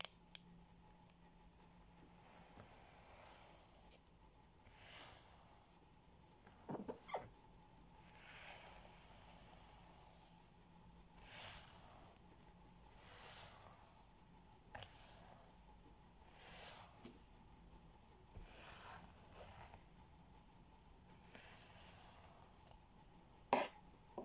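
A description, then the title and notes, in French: Hair is brushed in soft, airy swishes that recur every second or two, quiet. Sharp taps break in now and then, clearest near the start, around seven seconds and just before the end, over a faint steady hum. Brossage de cheveux, tapping.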